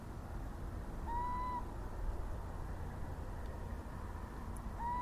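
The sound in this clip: Little owl calling twice, each a short rising whistled note that levels off, spaced about four seconds apart, with constant low rumble underneath.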